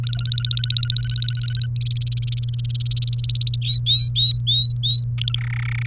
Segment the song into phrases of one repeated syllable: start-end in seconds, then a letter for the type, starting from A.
0.04-1.66 A, 1.76-3.56 B, 3.62-5.03 C, 5.18-5.40 A, 5.41-5.86 D